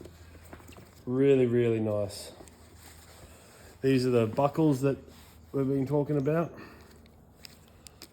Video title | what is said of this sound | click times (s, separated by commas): Lone Rider ADVBAGS 70 ~ UNBOXING! | Little clicky clicky. | 7.4 s, 7.9 s, 8.0 s